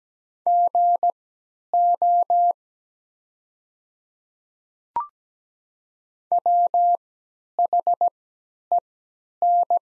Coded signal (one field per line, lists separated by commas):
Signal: Morse code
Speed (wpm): 17 wpm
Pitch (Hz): 700 Hz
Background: none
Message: GO WHEN